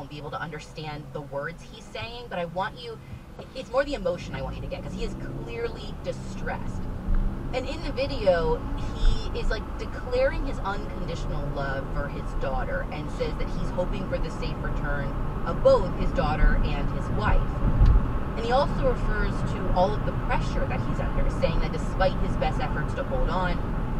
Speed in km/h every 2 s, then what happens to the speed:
0, 0, 0, 15, 23, 32, 40, 48, 53, 58, 61, 63.
0-4 standing. 4-20 pulls away to 61.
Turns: none.